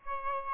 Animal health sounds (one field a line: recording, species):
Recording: mosquito wingbeat signal from an infrared sensor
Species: Aedes albopictus